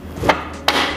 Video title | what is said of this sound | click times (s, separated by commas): Rekomendasi Mixer Murah Berkualitas - Unboxing Mixer Miyako - Review Mixer Miyako | sampai terdengar bunyi klik | 0.7 s